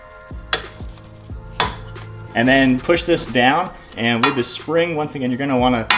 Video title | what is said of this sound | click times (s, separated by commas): My New FL5 Honda Civic Type-R Gets A Handling Upgrade! H&R Lowering Spring Install | go ahead and reinstall this there's these two little bumper pieces that need to click into place | 0.5 s, 1.6 s